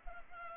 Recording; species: mosquito wingbeat signal from an infrared sensor; Culex pipiens